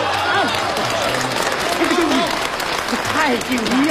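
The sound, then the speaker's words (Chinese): A crowd applauds steadily for about four seconds, a dense, even patter of many hands clapping at constant loudness, with a voice speaking over it. “你才给他鼓掌，您别给他鼓掌”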